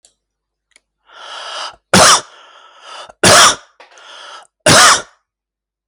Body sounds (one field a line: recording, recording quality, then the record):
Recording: shallow voluntary cough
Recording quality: excellent, no background noise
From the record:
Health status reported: healthy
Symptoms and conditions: hypertension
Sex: male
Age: 54 years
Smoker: not ticked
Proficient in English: yes